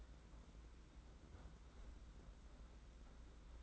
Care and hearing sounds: daily activity, microphone in the room; close fridge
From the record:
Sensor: 3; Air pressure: 991.8 hPa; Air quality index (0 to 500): 215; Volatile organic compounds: 1000 ppm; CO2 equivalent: 7358 ppm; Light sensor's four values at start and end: 32/94/38/32 and 32/94/38/32

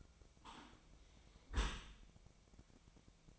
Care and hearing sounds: daily activity, microphone in the room; close dishwasher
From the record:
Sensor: 1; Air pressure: 1003.1 hPa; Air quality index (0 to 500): 196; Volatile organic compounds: 6 ppm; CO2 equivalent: 1871 ppm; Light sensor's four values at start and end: 18/43/18/21 and 18/44/18/22

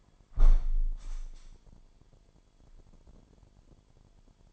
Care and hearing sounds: daily activity, microphone in the room; close window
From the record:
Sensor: 5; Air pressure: 998.0 hPa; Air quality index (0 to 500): 96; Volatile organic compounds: 2 ppm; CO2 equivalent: 1096 ppm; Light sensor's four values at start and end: 23/57/23/26 and 24/57/23/26

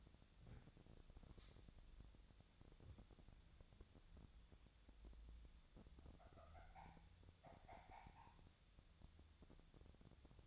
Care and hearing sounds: daily activity, microphone in the room; wipe stove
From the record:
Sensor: 3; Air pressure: 1007.0 hPa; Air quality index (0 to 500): 204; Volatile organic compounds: 18 ppm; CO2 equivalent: 2613 ppm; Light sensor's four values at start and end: 11/27/11/11 and 11/27/11/11

